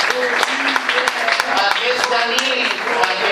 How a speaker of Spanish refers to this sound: a qui dedicarem ara un gran aplaudiment perquè ha fet possible que el micro obert de Sinestèsia fos un espectacle meravellós.